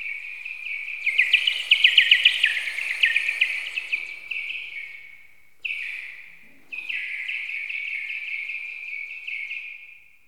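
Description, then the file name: Bird chirping fast and high, a loud dense burst early on, then steadier trilled chirps broken by two short gaps. "Linnut"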